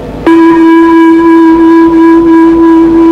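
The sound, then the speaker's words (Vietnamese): A meditation bell struck once as the cue for participants to bow with forehead and hands to the floor: a sharp attack, then a steady, loud ringing tone with clear overtones that hums on for about three seconds, with no voices over it. “Bây giờ nghe tiếng chuông thì quý vị lại đầu mặt sát đất, hai tay úp xuống sát đất.”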